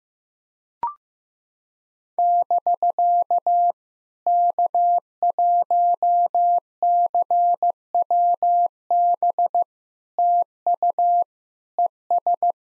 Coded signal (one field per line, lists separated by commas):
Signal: Morse code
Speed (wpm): 15 wpm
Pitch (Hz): 700 Hz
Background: none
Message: <BK> K1CWB TU ES